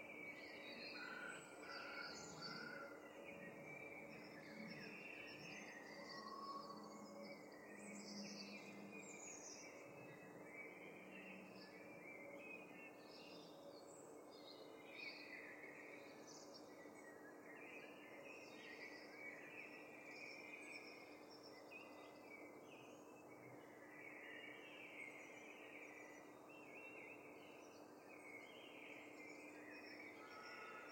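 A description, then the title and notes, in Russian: A dawn chorus of many birds sings at once, with overlapping chirps, trills and whistles filling the upper range throughout the half minute. Beneath them runs a steady low hum of city traffic, and the overall level stays even without standout events. В самом сердце оживленного города Лондона скрытая симфония пробуждается с первыми лучами света - волшебный рассветный хор птиц. Лондонский Рассветный Хор.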